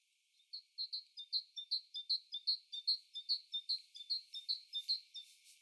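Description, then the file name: Great tit giving a steady run of bright, high two-part notes, repeated throughout, with light background noise. "Parus major"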